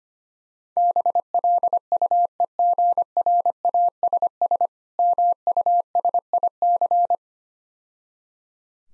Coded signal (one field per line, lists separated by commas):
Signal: Morse code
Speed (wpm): 26 wpm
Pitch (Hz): 700 Hz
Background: none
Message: BLUEGRASS MUSIC